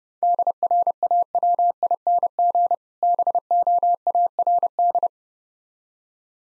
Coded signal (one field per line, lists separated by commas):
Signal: Morse code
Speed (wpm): 31 wpm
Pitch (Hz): 700 Hz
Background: none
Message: DRAWING BOARD